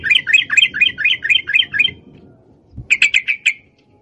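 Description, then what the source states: Yellow-vented bulbul singing a quick run of bubbly, rolling notes, a pause, then a shorter burst of clear chirps over soft low background noise. Masteran (training) song in the long ropel panjang trill style.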